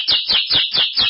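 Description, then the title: Belgian canary song: rapid rolling trill of repeated sweeping notes, about five pulses in just over a second. "Canario Belga"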